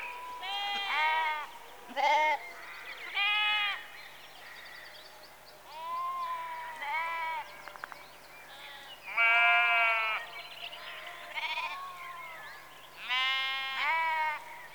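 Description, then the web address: Sheep bleating repeatedly, wavering harmonic bleats, some high and quavering, others lower, over a quiet background. Sheep in a rural setting in the early evening, close. "Sound Effects Library-52 (Exterior Atmospheres-Rural Backg) 11 Sheep Early Evening"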